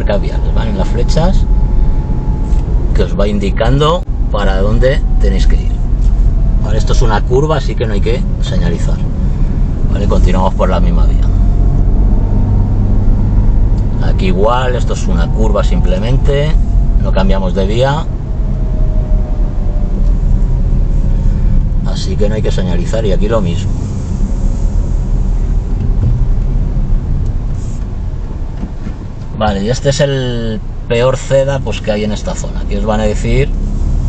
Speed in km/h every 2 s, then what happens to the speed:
28, 29, 24, 19, 13, 19, 27, 25, 21, 20, 19, 14, 19, 15, 0, 2, 7.
3-8 slows to 13. 9-12 speeds up to 27. 12-22 slows to 14. 25-28 brakes to 0. 28-30 standing.